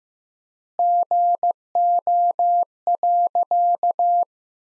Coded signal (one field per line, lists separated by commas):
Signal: Morse code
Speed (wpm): 15 wpm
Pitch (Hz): 700 Hz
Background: none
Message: GO.